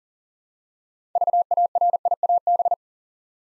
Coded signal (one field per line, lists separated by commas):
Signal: Morse code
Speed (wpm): 38 wpm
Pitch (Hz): 700 Hz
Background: none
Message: VARIAB